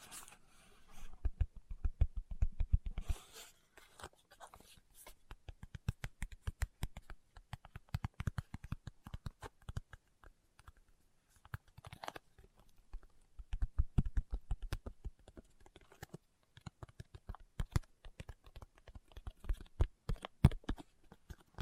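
Fingertips tap quickly and irregularly in bursts, sharp little clicks that resemble typing, each with a soft low thump beneath. The taps come in dense flurries, loudest around two, eight and fourteen seconds, separated by brief sparser stretches and short pauses.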